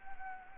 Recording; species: mosquito wingbeat signal from an infrared sensor; Anopheles arabiensis